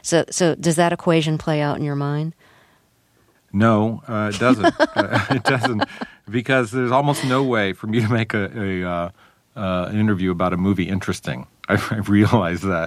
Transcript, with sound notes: So does that equation play out in your mind?
No, it doesn't. (LAUGHTER) It doesn't because there's almost no way for me to make an interview about a movie interesting, I've realized that.